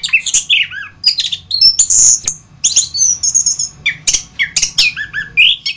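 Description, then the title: Thrush song, a rapid jumble of high whistles, rising and falling slurs and sharp chirps in quick bursts with brief pauses between phrases. "Suara Burung Anis"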